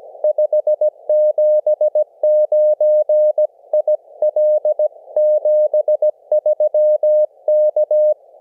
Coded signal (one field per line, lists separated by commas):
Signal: Morse code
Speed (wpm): 18 wpm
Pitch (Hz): 610 Hz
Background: none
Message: 579 IL 73 K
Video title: EFHW MIGHT be an Acceptable POTA Antenna Now - 5/8/23 @ K-4451